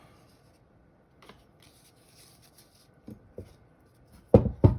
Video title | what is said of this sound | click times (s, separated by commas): Change Trigger for CZ TS2 / TSO | it back until you hear a click there | 4.3 s